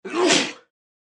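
One abrupt, hissing sneeze from an adult man, about half a second long, a single sneeze sound effect.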